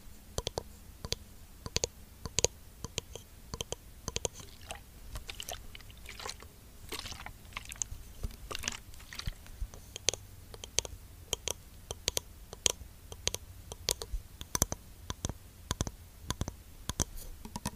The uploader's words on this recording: Skincare product tapping. Blue yeti microphone.